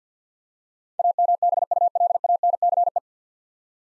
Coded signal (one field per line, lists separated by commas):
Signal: Morse code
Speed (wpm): 50 wpm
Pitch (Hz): 700 Hz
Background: none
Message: AMBULANCE